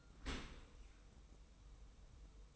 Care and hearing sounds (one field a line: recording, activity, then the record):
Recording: daily activity, microphone in the room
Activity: open dishwasher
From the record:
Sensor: 1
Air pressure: 990.5 hPa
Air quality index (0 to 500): 180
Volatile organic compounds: 1000 ppm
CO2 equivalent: 6627 ppm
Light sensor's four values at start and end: 25/59/25/27 and 25/59/25/27